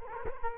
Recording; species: mosquito wingbeat signal from an infrared sensor; Culex quinquefasciatus